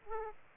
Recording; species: mosquito wingbeat signal from an infrared sensor; Aedes aegypti